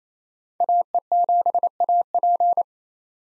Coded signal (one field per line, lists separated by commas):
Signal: Morse code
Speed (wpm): 28 wpm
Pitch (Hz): 700 Hz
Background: none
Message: AE7AP